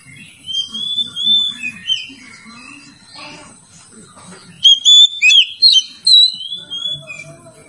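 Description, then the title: Oriental magpie-robin song of soft warbling phrases, then a burst of loud, bright whistled notes repeated in quick succession before trailing off. "Kacer"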